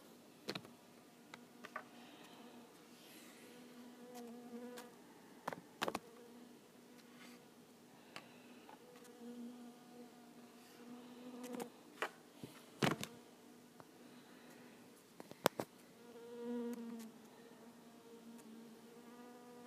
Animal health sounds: mosquito flight sound by mobile phone; Culiseta incidens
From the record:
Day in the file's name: 2

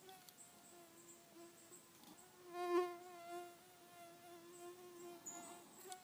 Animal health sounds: mosquito flight sound by mobile phone; Aedes sierrensis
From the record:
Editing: cut to the mosquito's sound

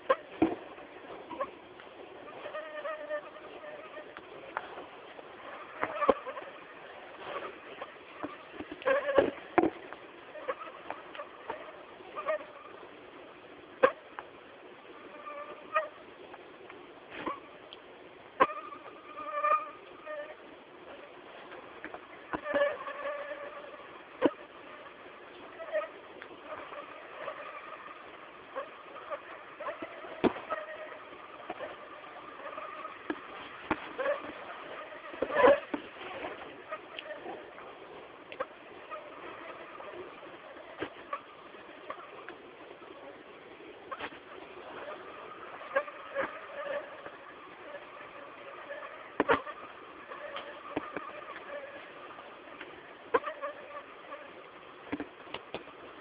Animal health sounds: mosquito flight sound by mobile phone; Anopheles gambiae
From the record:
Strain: Akron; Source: CDC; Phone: Samsung T209

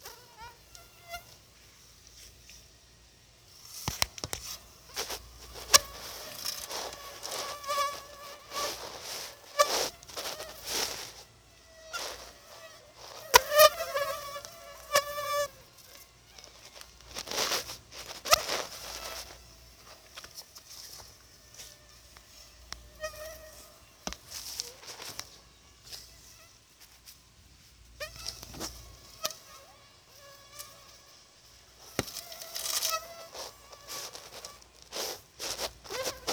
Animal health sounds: mosquito flight sound by mobile phone; Anopheles arabiensis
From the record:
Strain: Dongola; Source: CDC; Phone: Sony Xperia

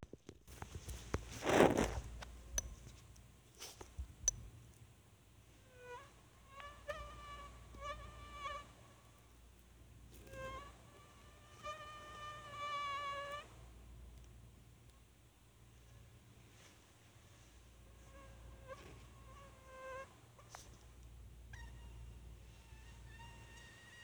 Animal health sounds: mosquito flight sound by mobile phone; Anopheles minimus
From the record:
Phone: Sony Xperia

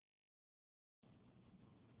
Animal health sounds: mosquito flight sound by mobile phone; Anopheles farauti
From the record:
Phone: Huawei 866C

